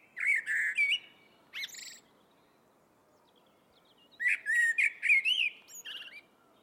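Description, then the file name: Eurasian blackbird song: a fluty warble followed by a squeaky note, silence, then a longer phrase of several mellow whistles and high twitters, over faint hiss. "Turdus merula"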